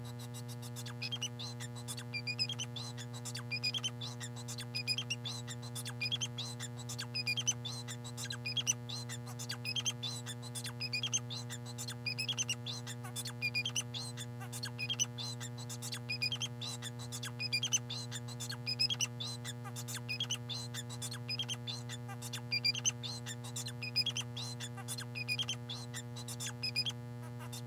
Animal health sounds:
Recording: song of a male Bengalese finch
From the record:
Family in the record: son of father 4

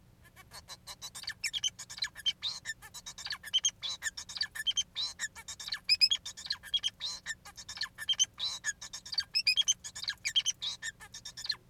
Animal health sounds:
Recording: song of a male Bengalese finch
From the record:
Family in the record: son of father 4

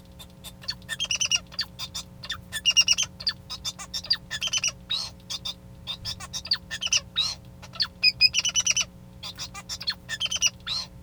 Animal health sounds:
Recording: song of a male Bengalese finch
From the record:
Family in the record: son of father 2

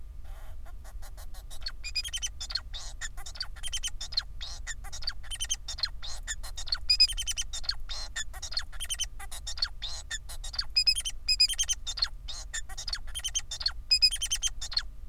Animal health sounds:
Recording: song of a male Bengalese finch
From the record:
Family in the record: son of father 4

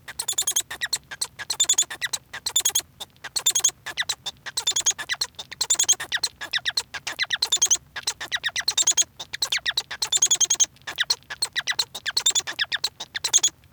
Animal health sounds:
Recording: song of a male Bengalese finch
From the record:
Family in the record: son of father 1

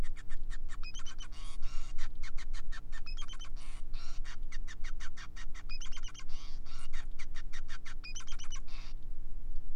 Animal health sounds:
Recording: song of a male Bengalese finch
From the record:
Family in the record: son of father 5

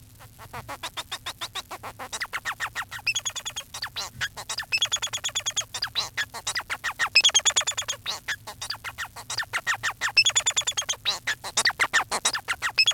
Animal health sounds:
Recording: song of a male Bengalese finch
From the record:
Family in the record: son of father 4

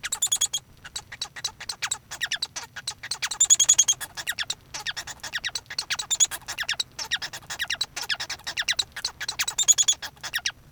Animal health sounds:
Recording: song of a male Bengalese finch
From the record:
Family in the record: son of father 1

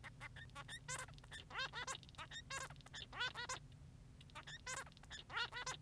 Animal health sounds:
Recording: song of a male Bengalese finch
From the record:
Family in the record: son of father 3

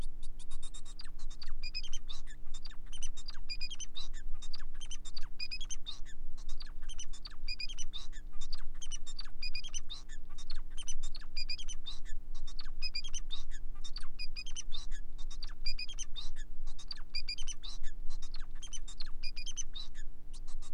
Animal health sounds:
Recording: song of a male Bengalese finch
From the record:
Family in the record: son of father 4

